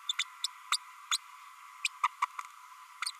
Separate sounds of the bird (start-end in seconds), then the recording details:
0.09-0.12, 0.19-0.23, 0.43-0.47, 0.71-0.77, 1.11-1.17, 2.03-2.07, 2.22-2.25, 3.06-3.11. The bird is a female. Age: 32 days. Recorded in a nest box in Venezuela. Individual 17B32A7